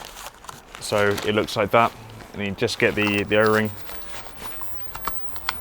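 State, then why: Seated. A plastic retaining ring (o-ring) is pushed over the blower fan fitted inside an adult full-body inflatable triceratops costume. Someone talks at first, then faint crinkling and small clicks follow. The ring clicks into place at 5.5 s, seating securely on the fan mount.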